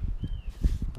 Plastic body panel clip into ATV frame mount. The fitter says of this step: let's see there we go there we go that one's clicked in that one's clicked in in the front